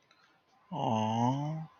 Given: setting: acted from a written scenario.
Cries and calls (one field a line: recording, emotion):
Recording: vocal sound without words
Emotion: romantic love